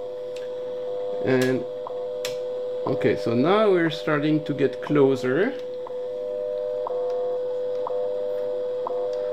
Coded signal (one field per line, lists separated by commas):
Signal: radio time signal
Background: speech